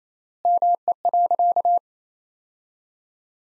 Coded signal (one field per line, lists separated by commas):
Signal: Morse code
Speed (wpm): 28 wpm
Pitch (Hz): 700 Hz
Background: none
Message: ME.